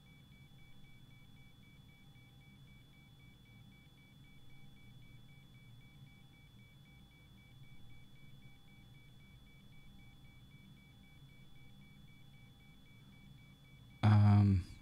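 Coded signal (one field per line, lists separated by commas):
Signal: none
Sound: cockpit button beeps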